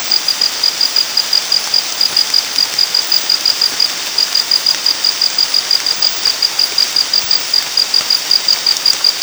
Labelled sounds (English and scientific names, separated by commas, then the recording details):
none
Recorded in dense forest near Puerto Asís, Putumayo, Colombia, on 19 March 2025 at 23:00
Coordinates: 0.503, -76.323
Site GP09